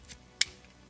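A part of a FansProject Pinchar (Dinobot Snarl) third-party plastic transforming robot toy figure is pushed during transformation until it locks into its collapsed position. A single sharp, very short click sounds at 0.4 s against faint background noise, confirming the part has seated.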